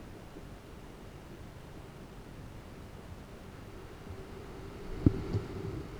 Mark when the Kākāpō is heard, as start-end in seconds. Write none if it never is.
none